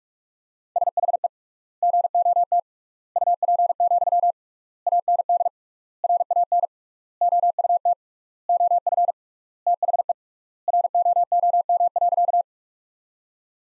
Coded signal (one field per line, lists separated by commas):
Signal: Morse code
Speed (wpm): 42 wpm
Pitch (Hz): 700 Hz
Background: none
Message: SHE GOT UP, AND RAN OUT OF THE ROOM.